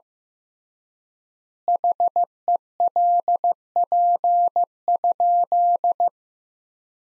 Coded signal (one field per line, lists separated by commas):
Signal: Morse code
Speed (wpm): 15 wpm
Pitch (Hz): 700 Hz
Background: none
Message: HELP?